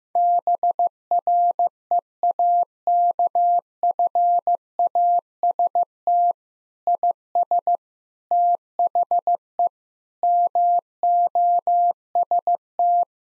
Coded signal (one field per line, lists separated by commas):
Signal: Morse code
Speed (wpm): 15 wpm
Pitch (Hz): 700 Hz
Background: none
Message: BREAKFAST IS THE MOST